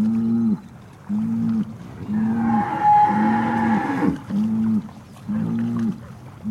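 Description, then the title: Cow giving several short repeated moos, while a steady higher tone and hiss run through the middle of the passage. "Eco-Moo-tion: The Ecological Soundscape of Cow Conversations"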